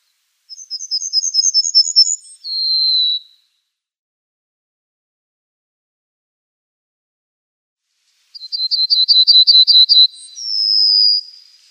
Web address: Schulze Peter Pine Bunting song